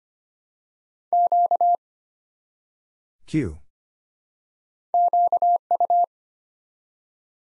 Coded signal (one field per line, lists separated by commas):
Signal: Morse code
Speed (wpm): 25 wpm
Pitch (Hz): 700 Hz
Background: none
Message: Q QU